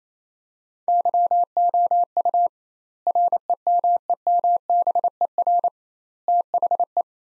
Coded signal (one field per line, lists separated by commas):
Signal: Morse code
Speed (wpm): 28 wpm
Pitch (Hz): 700 Hz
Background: none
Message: YOU REMEMBER THE